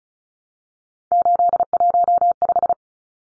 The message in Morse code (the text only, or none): 815